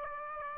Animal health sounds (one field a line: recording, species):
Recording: mosquito wingbeat signal from an infrared sensor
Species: Aedes aegypti